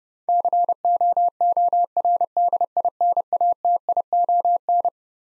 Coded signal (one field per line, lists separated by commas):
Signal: Morse code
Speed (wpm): 30 wpm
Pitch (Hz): 700 Hz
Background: none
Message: COORDINATION